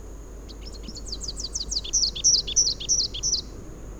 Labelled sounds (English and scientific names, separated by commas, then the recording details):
Rufous-capped Warbler (Basileuterus rufifrons) song
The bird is a male
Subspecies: rufifrons
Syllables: 20
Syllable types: 6
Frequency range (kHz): 2.1-7.8 kHz
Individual AR-GSN-M